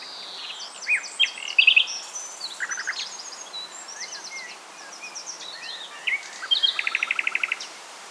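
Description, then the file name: Common nightingale song: scattered chirps and short trills, ending in a fast run of repeated notes. "Luscinia megarhynchos"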